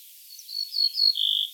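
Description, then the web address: Ortolan bunting giving a brief sequence of thin high notes followed by a longer, lower slurred ending note; no other sounds. "emberiza hortulana call"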